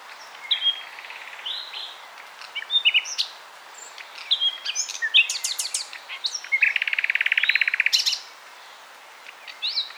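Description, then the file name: Common nightingale song: varied phrases of whistles, sharp clicks and fast buzzy trills, including a long rapid rattle near the end, over faint hiss. "Luscinia megarhynchos"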